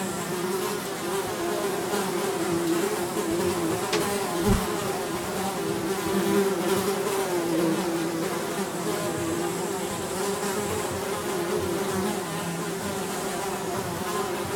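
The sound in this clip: Fly: steady low buzzing drone of flies.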